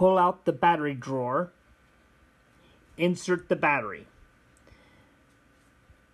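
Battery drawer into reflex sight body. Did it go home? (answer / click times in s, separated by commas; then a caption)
no / none. A battery drawer holding a coin battery is pushed into the housing of a Crimson electronic red dot sight while someone talks, and a faint tick is heard around 4.6 s. The drawer is not secured on this first try, so nothing has seated or clicked into place yet.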